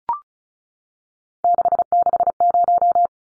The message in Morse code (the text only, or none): 660